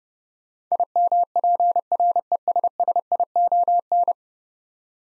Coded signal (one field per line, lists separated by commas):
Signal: Morse code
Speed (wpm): 30 wpm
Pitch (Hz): 700 Hz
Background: none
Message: IMPRESSION